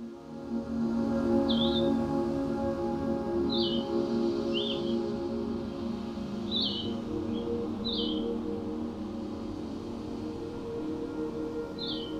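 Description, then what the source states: Blue-headed Vireo song, short slurred phrases given one at a time with gaps of about a second or more, over a steady low hum. Songful insectivore breeding in boreal and montane forests; its most used song is slower and sweeter than the red-eyed vireo's, with longer pauses between phrases.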